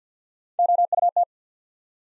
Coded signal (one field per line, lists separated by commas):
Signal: Morse code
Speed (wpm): 50 wpm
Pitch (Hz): 700 Hz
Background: none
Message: O U T